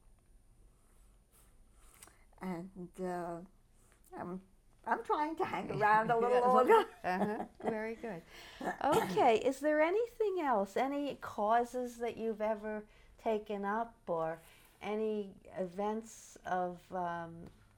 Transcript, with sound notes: And I'm trying to hang around a little longer. [laughs]
[chuckles] Uh-huh. Very good. Okay. Is there anything else? Any causes that you've ever taken up or any events of,